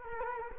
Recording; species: mosquito wingbeat signal from an infrared sensor; Culex quinquefasciatus